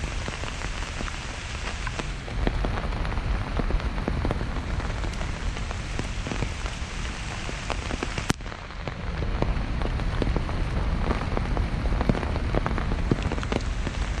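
Steady, dense rain patters in a city park, with scattered sharper drops, a low rumble underneath, and one loud tap near eight seconds.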